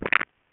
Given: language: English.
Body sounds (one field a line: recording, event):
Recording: throat vibration sensor signal played as sound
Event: swallow